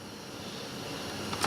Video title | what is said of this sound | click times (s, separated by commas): FIAT FREEMONT Overheating? EASY Fix! Fan Relay Location & How-To | And all we have to do now, just push it in until it clicks all the way. | 1.3 s, 1.4 s